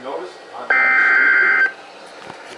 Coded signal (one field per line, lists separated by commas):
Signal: Emergency Alert System (SAME) tones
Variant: header bursts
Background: speech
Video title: NOAA - TOR & SVR (EAS #1,019-1,020)